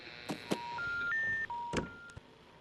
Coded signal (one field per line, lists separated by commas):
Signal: telephone call progress tone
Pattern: special information tone